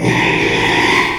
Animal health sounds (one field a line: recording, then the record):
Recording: squeal of a Yucatan mini pig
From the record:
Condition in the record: after surgery on the right vocal fold (resection and tissue-engineered implant)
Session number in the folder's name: 1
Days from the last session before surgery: 6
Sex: male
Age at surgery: 12 weeks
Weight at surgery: 13 kg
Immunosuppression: cyclosporine, prednisolone